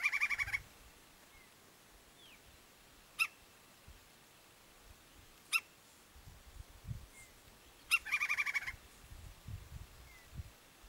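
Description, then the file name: Woodpecker calling: a rapid harsh rattle of notes, then single sharp calls spaced a few seconds apart, then another rattle. Faint chirps and low rustling are heard in the background. "canto do pica pau"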